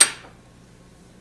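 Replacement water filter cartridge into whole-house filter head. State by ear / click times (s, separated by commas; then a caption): seated / 0.0 s. A 3M Aqua-Pure AP910R (5621001) whole-house sanitary quick-change replacement water filter cartridge is rotated clockwise into its filter head until it locks. A sharp, bright click lands at 0.0 s and fades within about 0.3 s into a faint low hum. The cartridge is seated.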